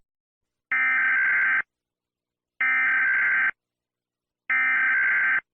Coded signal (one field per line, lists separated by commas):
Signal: Emergency Alert System (SAME) tones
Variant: header bursts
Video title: EAS Scenario - The Great Earthquake (Part 4)